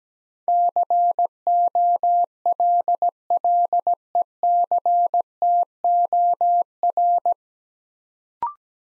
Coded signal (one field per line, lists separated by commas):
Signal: Morse code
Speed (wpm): 17 wpm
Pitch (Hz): 700 Hz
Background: none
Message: COLLECTOR